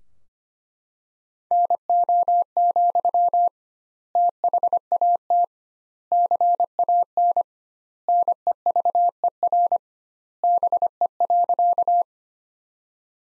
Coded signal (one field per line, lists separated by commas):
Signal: Morse code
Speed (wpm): 25 wpm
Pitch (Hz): 700 Hz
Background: none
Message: NO, THAT CAN NEVER BE.